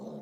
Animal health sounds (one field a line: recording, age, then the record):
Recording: pig call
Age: piglet (1 to 25 days)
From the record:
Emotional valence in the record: negative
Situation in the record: long isolation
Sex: female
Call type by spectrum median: low-frequency call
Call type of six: low-frequency stable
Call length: 0.22 s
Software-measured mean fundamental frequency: 73 Hz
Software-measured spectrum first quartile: 214 Hz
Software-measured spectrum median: 353 Hz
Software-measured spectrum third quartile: 569 Hz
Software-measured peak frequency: 213 Hz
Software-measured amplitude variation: 105 dB a second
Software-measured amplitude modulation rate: 15.6 a second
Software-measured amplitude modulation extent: 6.7 dB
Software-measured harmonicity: 2.6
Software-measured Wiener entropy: 0.01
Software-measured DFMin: 1872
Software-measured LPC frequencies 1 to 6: 476, 3732, 4089, 5219, 6081, 7101 Hz